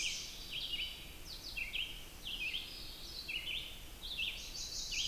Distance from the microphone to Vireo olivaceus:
about 20 m